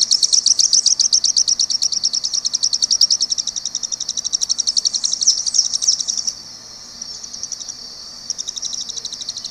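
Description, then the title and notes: White-crested tyrannulet giving rapid, high, thin chips in a dense run of several per second, trailing off into a faint high buzz with a few scattered notes at the end. Also called alegrinho-do-leste; a small tree-dwelling flycatcher of eastern Brazil, usually with a raised crest. "O Alegrinho (Serpophaga subcristata) é uma ave passeriforme da família Tyrannidae. É um pequeno papa-mosca arborícola do Brasil oriental"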